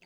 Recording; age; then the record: pig call; piglet (1 to 25 days)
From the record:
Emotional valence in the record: positive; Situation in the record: reunion after long isolation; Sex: male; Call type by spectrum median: low-frequency call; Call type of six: low-frequency tonal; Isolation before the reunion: 8 minutes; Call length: 0.06 s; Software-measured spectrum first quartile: 624 Hz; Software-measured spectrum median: 2072 Hz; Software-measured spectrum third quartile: 2938 Hz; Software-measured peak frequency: 2239 Hz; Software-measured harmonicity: 2.5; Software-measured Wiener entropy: -1.39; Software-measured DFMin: 628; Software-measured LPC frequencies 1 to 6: 657, 2160, 2669, 3281, 4615, 6506 Hz